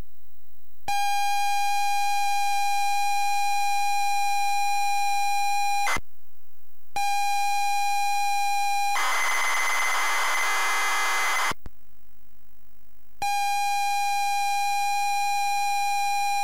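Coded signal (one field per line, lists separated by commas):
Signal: ZX Spectrum tape loading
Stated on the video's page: ZX Spectrum tape loading of the game, loaded on a ZX Spectrum +3 with a WH Smith CPD8300 tape recorder.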